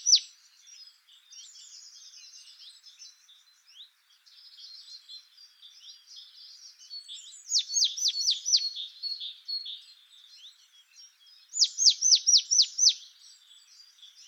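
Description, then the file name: Marsh tit with soft, buzzy chattering, then two loud runs of rapid falling high notes around eight and twelve seconds. "Poecile palustris"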